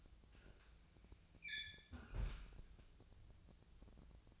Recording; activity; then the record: daily activity, microphone in the room; close fridge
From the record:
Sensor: 2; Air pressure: 999.9 hPa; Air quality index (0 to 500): 123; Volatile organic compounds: 2 ppm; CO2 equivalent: 1054 ppm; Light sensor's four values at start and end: 32/80/34/38 and 32/80/34/38